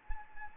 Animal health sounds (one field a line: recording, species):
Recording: mosquito wingbeat signal from an infrared sensor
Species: Anopheles gambiae